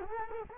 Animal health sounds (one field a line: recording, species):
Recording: mosquito wingbeat signal from an infrared sensor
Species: Culex quinquefasciatus